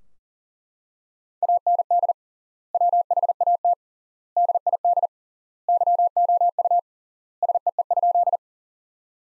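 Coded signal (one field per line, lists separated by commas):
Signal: Morse code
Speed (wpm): 40 wpm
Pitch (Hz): 700 Hz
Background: none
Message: AND WHAT DID YOU SEE?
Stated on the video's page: Sentence practice from the top 100 words at 40 wpm with 3x word spacing, similar to the Farnsworth method.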